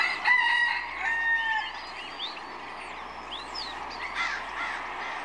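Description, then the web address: Rooster gives one long crow at the start, then songbirds whistle and chirp with quick rising and falling notes over steadily running water. Farm rooster, recorded with other birds and a brook in the background. "birds farm rooster calls birds and brook in bg animal"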